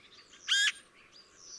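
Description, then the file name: Eurasian magpie single harsh rasping note, brief and loud, amid faint background bird chirps. "Pica pica"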